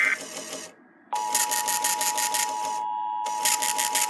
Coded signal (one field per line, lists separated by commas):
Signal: Emergency Alert System (SAME) tones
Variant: 853 and 960 Hz attention tone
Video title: EAS Encoder/Decoder Test